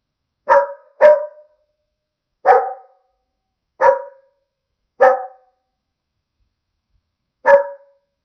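Dog barking, six short, sharp barks with uneven gaps, two in quick succession at the start, then single barks spaced over several seconds, against silence.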